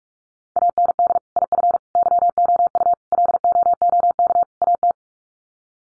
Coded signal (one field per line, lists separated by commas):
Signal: Morse code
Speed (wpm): 44 wpm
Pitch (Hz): 700 Hz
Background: none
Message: AND IF YOU LOOK AT